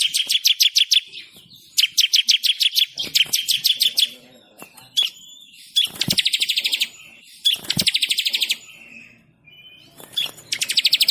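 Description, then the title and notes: Bird song: repeated bursts of quick, high chirps and rattling trills, each burst a second or so long, with short silences between. Bird ringtone with a melodious voice. "Burung Dengan Suara Merdu"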